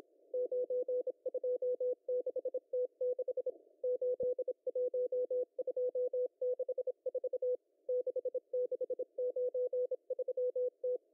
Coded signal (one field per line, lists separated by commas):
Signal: Morse code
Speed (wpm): 26 wpm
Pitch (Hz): 500 Hz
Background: none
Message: 926T6 81264 6693T